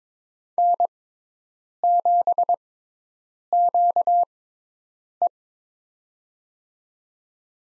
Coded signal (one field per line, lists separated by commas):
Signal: Morse code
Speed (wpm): 22 wpm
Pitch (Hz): 700 Hz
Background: none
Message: N7QE